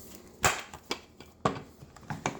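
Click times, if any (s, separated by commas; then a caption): none. During assembly of a Husky 55 chainsaw, a component is gripped by hand to be squeezed into its mating part. Short, sharp handling knocks and taps are heard at about 0.5, 0.9, 1.5 and 2.3 seconds over quiet background noise. Nothing has seated or popped together yet.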